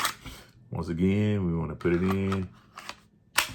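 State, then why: Seated. Someone talks, then a CZ P10 M compact pistol is pushed back into a polymer Vedder LightTuck inside-waistband holster, with faint handling sounds just before a sharp click at 3.4 s. The pistol is seated and the holster's retention clicks.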